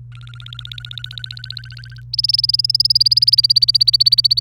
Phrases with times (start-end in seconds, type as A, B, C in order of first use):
0.12-2.01 A, 2.13-4.40 B